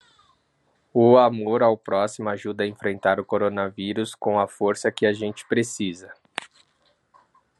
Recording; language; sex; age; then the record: spoken sentence; Brazilian Portuguese; male; 30 to 39 years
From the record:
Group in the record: control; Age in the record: 38 years